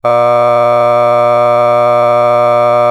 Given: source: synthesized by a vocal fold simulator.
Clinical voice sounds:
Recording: sustained vowel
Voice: male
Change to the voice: a random mix of aspiration noise, stiffness perturbation and strain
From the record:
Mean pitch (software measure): 120 Hz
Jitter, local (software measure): 0.74%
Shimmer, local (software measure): 1.6%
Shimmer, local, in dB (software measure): 0.14 dB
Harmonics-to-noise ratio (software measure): 20.8 dB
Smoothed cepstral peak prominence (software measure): 20.6 dB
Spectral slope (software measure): -16.3 dB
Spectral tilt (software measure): -10.3 dB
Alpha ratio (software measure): -6.8 dB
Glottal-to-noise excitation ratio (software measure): 0.989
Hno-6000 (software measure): 2.3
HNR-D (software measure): 31.9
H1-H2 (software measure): 3.7 dB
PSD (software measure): 5.8e-05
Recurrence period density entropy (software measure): 0.113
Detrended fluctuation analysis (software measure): 0.0365

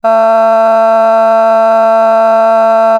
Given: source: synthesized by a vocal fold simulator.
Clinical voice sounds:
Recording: sustained vowel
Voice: female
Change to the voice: a random mix of aspiration noise, stiffness perturbation and strain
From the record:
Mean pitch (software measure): 224 Hz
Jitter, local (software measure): 0.67%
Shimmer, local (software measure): 2.2%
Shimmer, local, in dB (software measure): 0.20 dB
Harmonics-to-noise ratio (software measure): 23.4 dB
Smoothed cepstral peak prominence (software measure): 19.2 dB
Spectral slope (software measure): -20.6 dB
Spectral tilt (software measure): -9.4 dB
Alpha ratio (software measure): -11.0 dB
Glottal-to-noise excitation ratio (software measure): 0.978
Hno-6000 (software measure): 2.2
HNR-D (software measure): 39.5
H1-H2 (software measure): 1.0 dB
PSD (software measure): 2.8e-05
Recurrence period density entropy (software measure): 0.132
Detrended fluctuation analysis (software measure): 0.0122

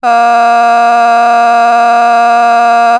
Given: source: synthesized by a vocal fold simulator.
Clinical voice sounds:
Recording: sustained vowel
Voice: female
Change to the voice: vocal strain, level 7 of 10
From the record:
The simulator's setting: 0.67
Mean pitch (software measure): 235 Hz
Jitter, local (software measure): 0.73%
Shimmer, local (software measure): 3.7%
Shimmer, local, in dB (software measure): 0.32 dB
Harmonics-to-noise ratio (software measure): 21.0 dB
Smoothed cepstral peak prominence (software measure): 19.9 dB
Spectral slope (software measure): -17.9 dB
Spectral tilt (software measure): -8.0 dB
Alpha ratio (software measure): -8.4 dB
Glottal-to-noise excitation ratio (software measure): 0.970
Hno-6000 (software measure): 1.9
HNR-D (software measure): 42.0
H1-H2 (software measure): -1.0 dB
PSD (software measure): 4.5e-05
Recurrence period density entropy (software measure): 0.115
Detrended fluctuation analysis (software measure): 0.0100

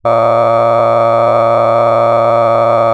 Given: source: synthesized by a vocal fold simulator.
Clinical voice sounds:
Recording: sustained vowel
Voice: male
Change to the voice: cycle-to-cycle stiffness perturbation (roughness), level 10 of 10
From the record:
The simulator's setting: 6.37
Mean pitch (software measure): 115 Hz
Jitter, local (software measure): 3.26%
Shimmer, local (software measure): 11.8%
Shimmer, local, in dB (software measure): 0.85 dB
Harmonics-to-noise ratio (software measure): 9.7 dB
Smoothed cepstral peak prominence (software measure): 16.7 dB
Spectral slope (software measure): -16.8 dB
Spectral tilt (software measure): -12.2 dB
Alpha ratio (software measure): -7.2 dB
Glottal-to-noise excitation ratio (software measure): 0.991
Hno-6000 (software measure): 2.5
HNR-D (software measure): 19.7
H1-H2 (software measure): 5.0 dB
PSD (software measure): 2.4e-04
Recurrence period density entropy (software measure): 0.104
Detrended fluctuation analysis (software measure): 0.0565

